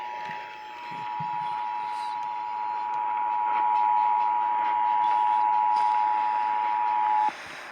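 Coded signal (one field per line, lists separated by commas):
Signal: Emergency Alert System (SAME) tones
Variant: 853 and 960 Hz attention tone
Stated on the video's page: Real EAS thunderstorm alerts.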